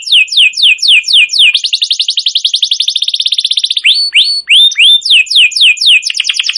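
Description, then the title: Atlantic canary song: fast descending whistled sweeps, then a long rapid buzzy trill, followed by rising notes and quick repeated chirps, all high-pitched with no other sounds. Long, very lively canary song used as a lure and tutor song (masteran) for wild canaries. "Pikat Kenari GACOR PANJANG INI Cocok Untuk Masteran KENARI LIAR"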